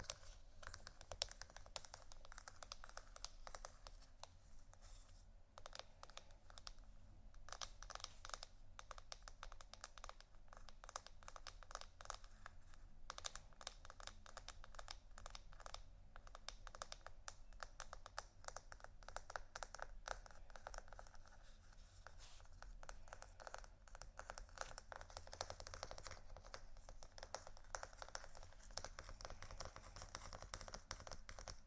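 Dense, rapid scratching and tapping on textured surfaces continues throughout, a steady stream of crisp clicks over a low hum.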